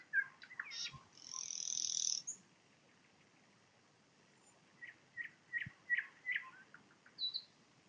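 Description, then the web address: Nightingale song: a few chirps and a harsh noisy burst, then a run of repeated notes and a final high whistle, over steady background hiss. Recorded in Poland with a parabolic microphone. "nagranie na paraboloid spiew slowika"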